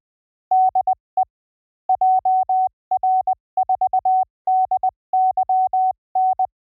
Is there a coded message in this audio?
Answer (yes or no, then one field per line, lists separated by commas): yes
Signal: Morse code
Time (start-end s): 0.5-6.5 s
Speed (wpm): 20 wpm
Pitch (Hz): 750 Hz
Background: none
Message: DE JR4DYN